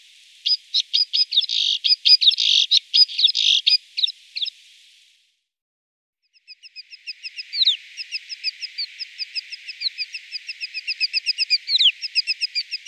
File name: snow finch